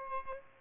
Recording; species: mosquito wingbeat signal from an infrared sensor; Aedes albopictus